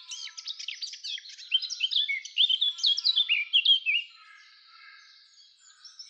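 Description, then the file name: Eurasian blackcap song, a lively jumble of fast twittering and slurred notes for about four seconds, then a much softer stretch. "Sylvia atricapilla"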